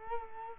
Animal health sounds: mosquito wingbeat signal from an infrared sensor; Culex quinquefasciatus

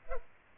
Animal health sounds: mosquito wingbeat signal from an infrared sensor; Culex pipiens

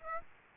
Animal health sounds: mosquito wingbeat signal from an infrared sensor; Aedes aegypti

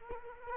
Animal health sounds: mosquito wingbeat signal from an infrared sensor; Culex quinquefasciatus

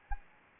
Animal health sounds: mosquito wingbeat signal from an infrared sensor; Anopheles gambiae

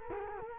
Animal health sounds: mosquito wingbeat signal from an infrared sensor; Culex quinquefasciatus

